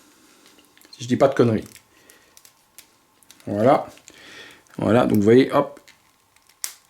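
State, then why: Seated. A plastic back piece is pushed onto the two small pins of a Hot Toys Rocket Deluxe (MMS 411, Guardians of the Galaxy Vol. 2) collectible action figure so it can hold the backpack. Someone talks over faint handling ticks, and then a sharp snap is heard at 6.6 s. The piece is confirmed clipped in.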